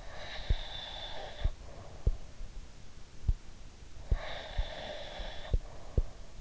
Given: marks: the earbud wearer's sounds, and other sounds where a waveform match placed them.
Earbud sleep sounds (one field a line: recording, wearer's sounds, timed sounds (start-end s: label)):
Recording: sounds in sleep by an in-ear microphone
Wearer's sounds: breath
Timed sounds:
0.02-2.36 s: breath
4.01-6.41 s: breath